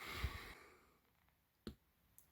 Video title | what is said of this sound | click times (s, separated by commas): HERLITZ My Pen Style Fountain Pen Review | you you heard that click sound so it means it's securely posted | 1.7 s